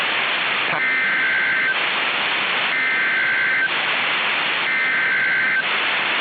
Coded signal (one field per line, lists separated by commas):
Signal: Emergency Alert System (SAME) tones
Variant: header bursts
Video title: [EAS RECREATIONAL] i need better warnings than ts